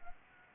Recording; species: mosquito wingbeat signal from an infrared sensor; Anopheles arabiensis